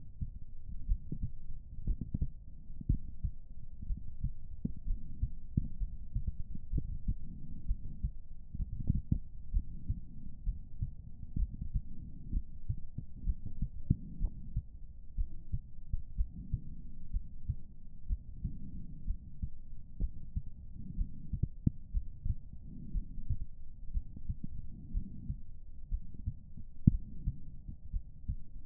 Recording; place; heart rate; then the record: heart sounds by stethoscope; pulmonary valve (PV); 60 bpm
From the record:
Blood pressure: 142/86 mmHg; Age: 52 years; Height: 156 cm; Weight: 64 kg